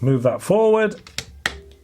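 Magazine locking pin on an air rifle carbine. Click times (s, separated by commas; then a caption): 1.5 s. Someone talks as the magazine locking pin on a Kalibrgun air rifle carbine, with the magazine in the carbine, is moved forward. The pin locks in with one sharp click at 1.5 s, and it is seated.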